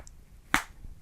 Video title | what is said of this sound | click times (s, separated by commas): MTB Protection Vests Review | I'm not sure if you can hear the click | 0.5 s